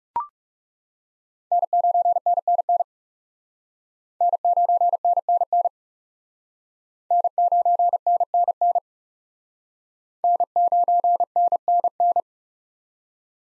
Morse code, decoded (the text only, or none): N9NNN N9NNN N9NNN N9NNN